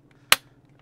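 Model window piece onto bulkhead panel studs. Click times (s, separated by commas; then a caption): 0.3 s. A small window piece with studs is pressed onto the studs on the back of the green bulkhead panel of an Agora Models 1/8 scale diecast James Bond 007 Lotus Submarine "Wet Nellie" model kit (Pack 6). A single sharp, bright click sounds at 0.3 s against a quiet background with a faint low hum. The window piece snaps positively into place and is seated.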